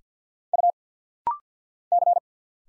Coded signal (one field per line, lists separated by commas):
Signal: Morse code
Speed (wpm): 50 wpm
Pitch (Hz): 700 Hz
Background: none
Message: U C